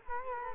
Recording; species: mosquito wingbeat signal from an infrared sensor; Culex quinquefasciatus